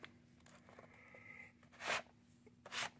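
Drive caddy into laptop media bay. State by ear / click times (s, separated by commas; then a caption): not seated / none. A drive caddy is worked into the tight media bay of a Dell Latitude D630/D820 laptop, where the DVD-ROM drive used to sit, and lined up before being pushed home. Only light scraping and small contact taps are heard, with two louder rustling scrapes near 1.9 and 2.8 seconds. The caddy has not yet seated or clicked into place.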